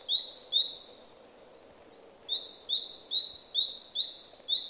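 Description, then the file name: Great tit song: bright two-note phrases repeated rapidly in a see-saw rhythm, a short pause, then the series resumes over a low steady background hum. "Parus major"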